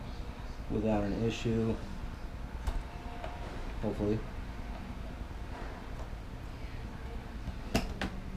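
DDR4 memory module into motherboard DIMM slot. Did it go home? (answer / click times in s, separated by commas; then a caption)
yes / 7.8 s, 8.0 s. A DDR4 memory module is pressed with some force into a motherboard DIMM slot while someone talks over a low background hum. Two sharp clicks ring out at 7.8 s and 8.0 s as the two retention clips snap closed, and the module is seated.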